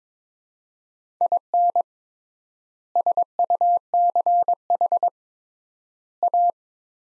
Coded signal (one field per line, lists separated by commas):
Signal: Morse code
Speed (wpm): 22 wpm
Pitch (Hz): 700 Hz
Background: none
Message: IN SUCH A